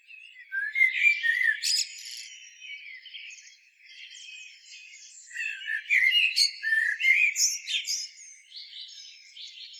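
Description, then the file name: Common blackbird singing two rich phrases of fluting notes that break into sharp high twittering, with a quieter, scratchy warble filling the gap between them. "Turdus merula"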